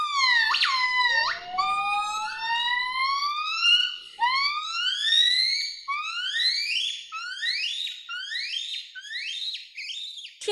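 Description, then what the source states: Gibbon calls: a series of rising whoops that come faster and climb higher, ending in rapid, sharp upward-sweeping notes. Call described as not mournful despite the poem 风急天高猿啸哀, but like a rooster's crow, a physiological mating signal; a listener found it a bit scary.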